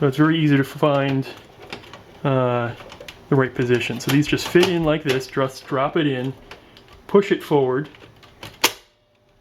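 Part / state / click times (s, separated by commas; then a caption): CD-ROM drive into desktop case drive bay / seated / 8.6 s. A CD-ROM drive with screws on its sides is dropped into the slots of a desktop case drive bay, a Dell Optiplex GX755, and pushed forward while someone talks. A sharp click at 8.6 s marks the drive latching and seating in the bay.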